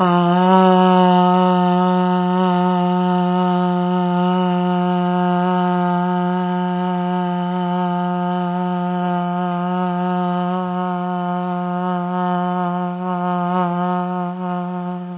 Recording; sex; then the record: sustained vowel /a/; female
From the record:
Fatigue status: no fatigue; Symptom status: symptomatic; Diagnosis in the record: COVID-19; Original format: 3gp